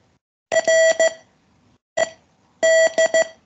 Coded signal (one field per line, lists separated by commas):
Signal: Morse code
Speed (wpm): 15 wpm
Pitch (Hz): 650 Hz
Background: none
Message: RED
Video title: The forth COOL CW Practice aired on the 19th September 2024